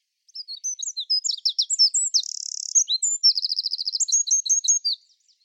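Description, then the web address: Bird song, a rapid high jumble of chirps and trills with a steady buzzy stretch midway and a fast rattling series after it, all very high-pitched and clean. "Bird Only"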